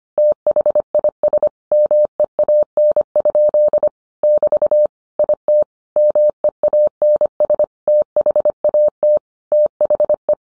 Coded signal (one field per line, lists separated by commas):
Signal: Morse code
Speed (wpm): 25 wpm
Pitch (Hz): 600 Hz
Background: none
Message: THIS MEAN? <BT> IT MEANS THAT THE